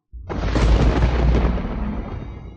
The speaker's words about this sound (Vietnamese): Ngay sau đó, bầu trời truyền ra âm thanh sấm chớp liên tục dày đặc.